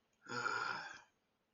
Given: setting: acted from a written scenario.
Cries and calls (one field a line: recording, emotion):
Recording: vocal sound without words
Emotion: disappointment